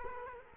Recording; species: mosquito wingbeat signal from an infrared sensor; Culex quinquefasciatus